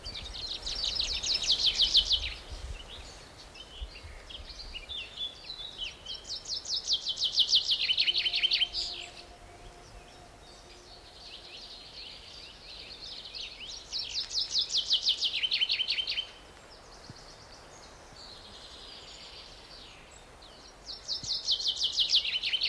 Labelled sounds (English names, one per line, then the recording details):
Common Chaffinch song
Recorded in the wild
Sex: male
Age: adult
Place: Buckow (Märkische Schweiz), Märkische Schweiz, Brandenburg, DE
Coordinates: 52.5536, 14.0725
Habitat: lake
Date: 1988-04-16 10:35
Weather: sunny, above 8°C
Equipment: Sony WM-D6C, Sony ECM-939 LT, Kopie 19 cm
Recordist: Tembrock, Günter